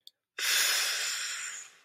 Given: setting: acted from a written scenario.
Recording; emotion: vocal sound without words; contempt